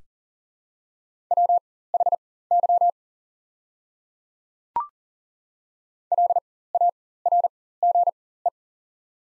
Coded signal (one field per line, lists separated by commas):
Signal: Morse code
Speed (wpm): 38 wpm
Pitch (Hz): 700 Hz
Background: none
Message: WHY LARGE